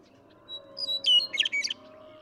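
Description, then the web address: Western meadowlark song: a few clear whistled notes, then a quick, rich, gurgling jumble of notes, with a faint low hum beneath. "birdsongforthecurious songs Western Meadowlark"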